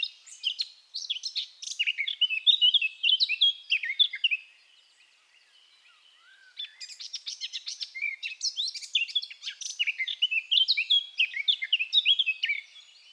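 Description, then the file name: Eurasian blackcap song, two long bursts of fast, scratchy warbling with mixed high notes, separated by a short quiet gap. "Sylvia atricapilla"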